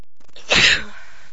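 A single sneeze from an adult woman, a short, sharp, broadband burst.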